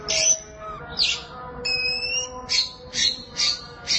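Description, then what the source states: Oriental magpie-robin song, short bright whistled notes and buzzy bursts repeated in a series, with a faint steady hum underneath. Chirping song (kicauan) of the bird.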